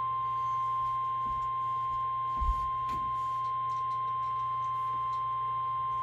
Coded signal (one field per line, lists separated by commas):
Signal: Emergency Alert System (SAME) tones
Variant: 1050 Hz attention tone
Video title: EAS 740: FFW from NWS Mt Holly